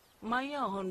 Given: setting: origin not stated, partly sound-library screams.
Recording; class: one-second piece from a danger detection set; normal situation